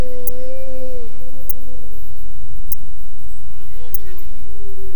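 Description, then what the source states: Humpback whale giving tonal moans with stacked harmonics: a held note that slides downward, then falling and rising units, over steady hiss with periodic ticks. Recorded on October 6, 2017.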